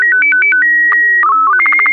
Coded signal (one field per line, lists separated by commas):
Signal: SSTV (slow-scan television)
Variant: Robot BW 8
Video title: Daily Minutes, January 5, 2016, with contestia